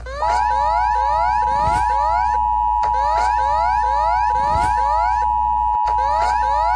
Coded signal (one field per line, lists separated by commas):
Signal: Emergency Alert System (SAME) tones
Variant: 853 and 960 Hz attention tone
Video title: SOUTHERN AMERICAN EAS ALARMS (SPECIAL)